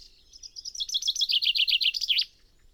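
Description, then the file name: Common chaffinch song: a bright run of repeated notes that drops slightly in pitch, ending in a sharp flourish. "Fringilla coelebs"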